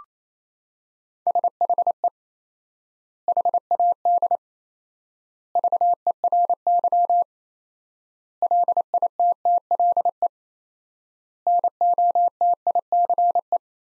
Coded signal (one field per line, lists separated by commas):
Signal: Morse code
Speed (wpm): 28 wpm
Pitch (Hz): 700 Hz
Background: none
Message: SHE HAD VERY LITTLE NOTICE